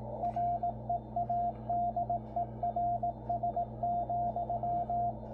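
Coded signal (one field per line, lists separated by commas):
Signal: Morse code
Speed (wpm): 18 wpm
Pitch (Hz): 700 Hz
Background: radio noise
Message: READERS,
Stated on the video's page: CW bulletin on 3581.5 kHz shortwave, received on a Yaesu FTdx10 transceiver with adjusted AGC.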